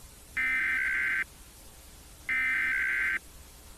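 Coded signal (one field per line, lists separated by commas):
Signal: Emergency Alert System (SAME) tones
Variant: header bursts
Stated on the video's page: Fictional EAS scenario; simulated emergency alert broadcast, not real.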